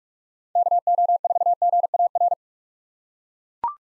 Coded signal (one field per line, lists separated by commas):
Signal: Morse code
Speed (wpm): 42 wpm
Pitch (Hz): 700 Hz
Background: none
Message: KO4GAR